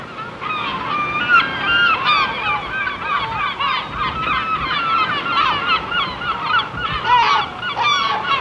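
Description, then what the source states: Gulls giving a busy chorus of short, harsh, overlapping squawks and mewing cries throughout. Seagulls on the shore.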